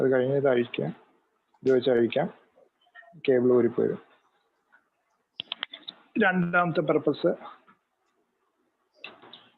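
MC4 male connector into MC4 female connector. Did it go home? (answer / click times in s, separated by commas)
yes / 9.1 s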